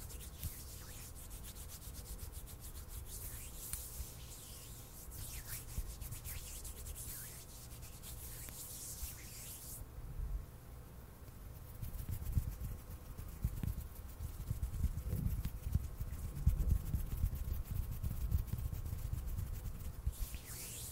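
Hands rub and scrape in uneven bursts, bright hissing strokes for ten seconds, then deeper, louder rough rubbing over a steady low hum.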